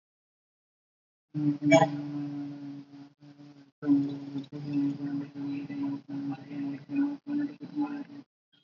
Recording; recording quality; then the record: counting at a fast pace; poor, much background noise or distortion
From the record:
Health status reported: recovered from COVID-19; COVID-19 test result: negative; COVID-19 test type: RT-PCR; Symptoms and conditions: cough, cold, sore throat, fever, fatigue, muscle pain, loss of smell and taste, diarrhoea, asthma, diabetes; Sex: female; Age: 32 years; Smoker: no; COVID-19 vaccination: both doses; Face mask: worn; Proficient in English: yes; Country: India